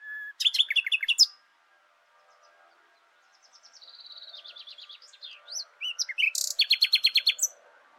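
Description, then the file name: Common nightingale singing: a burst of rapid chirps, a quiet series of soft notes, then loud, quickly repeated notes building to a vigorous finish. "Luscinia megarhynchos"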